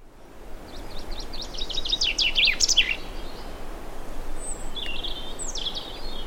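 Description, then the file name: Common chaffinch song: a rapid run of chirpy notes ending in a flourish, followed by a few thin high notes, over background noise. "Fringilla coelebs"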